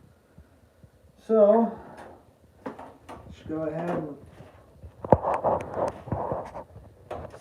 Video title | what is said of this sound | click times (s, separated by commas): Building my stream PC | seat it in there and it will click into place | 5.1 s